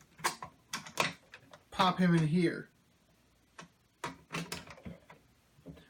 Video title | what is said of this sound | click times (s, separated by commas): Kyuranger: Orion Battler | again it doesn't even really it doesn't lock in like it just kind of sits there like this | none